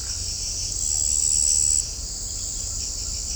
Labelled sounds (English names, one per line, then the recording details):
none
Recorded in shrubland near Pivijay, Magdalena, Colombia, on 3 June 2023 at 02:30
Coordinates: 10.453, -74.365
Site P5-G022